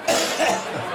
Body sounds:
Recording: coughing mixed with background sound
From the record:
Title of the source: Cough Around the Clock!

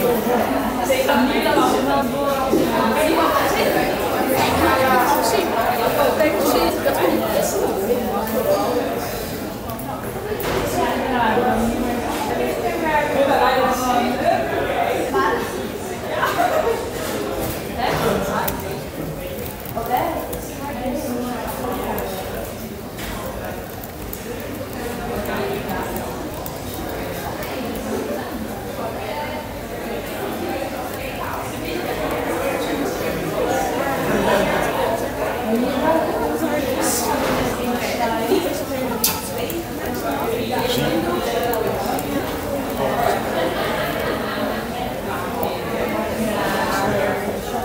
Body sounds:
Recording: background sound without coughing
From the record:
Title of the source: 40 min - Ambience sounds UNIVERSITY lunchroom chatting

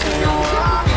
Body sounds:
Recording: coughing mixed with background sound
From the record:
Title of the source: female coughing - coughing sound effects girl

